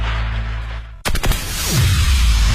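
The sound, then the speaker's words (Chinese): After a low steady hum, firecrackers burst out in a quick cluster of loud, sharp pops, followed by a falling whistle and a long stretch of dense crackling. “依法依规放鞭炮，平平安安过春节。”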